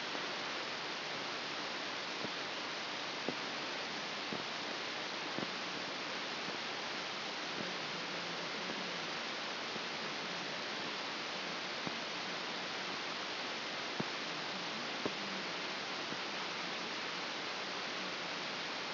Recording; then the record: brain microelectrode recording played as sound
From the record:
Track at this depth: inside the subthalamic nucleus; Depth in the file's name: 3.921 mm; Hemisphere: left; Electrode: 2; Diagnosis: Parkinson's disease